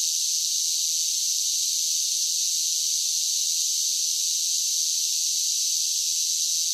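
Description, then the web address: Cicada chorus as a constant shrill buzz, even in loudness from start to finish, with nothing else audible. "Blast Wave Update 2 Insect Cicadas"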